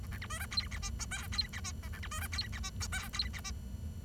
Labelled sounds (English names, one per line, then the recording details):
Bengalese Finch song
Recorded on 23 June 2012 at 09:36
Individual gr41rd51